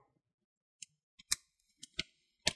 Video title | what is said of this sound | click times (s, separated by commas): Lenovo V330 - RAM UPGRADE | and then push down the corner make sure you hit those clicks that's what you want to hear | 1.3 s, 2.0 s, 2.5 s